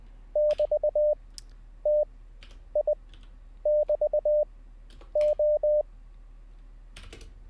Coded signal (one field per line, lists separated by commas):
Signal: Morse code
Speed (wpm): 20 wpm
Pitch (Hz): 600 Hz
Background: none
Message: <BT> T I <BT> O